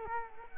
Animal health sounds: mosquito wingbeat signal from an infrared sensor; Culex quinquefasciatus

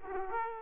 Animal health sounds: mosquito wingbeat signal from an infrared sensor; Aedes aegypti

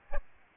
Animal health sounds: mosquito wingbeat signal from an infrared sensor; Aedes albopictus

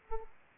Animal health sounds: mosquito wingbeat signal from an infrared sensor; Aedes aegypti

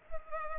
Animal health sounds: mosquito wingbeat signal from an infrared sensor; Culex pipiens

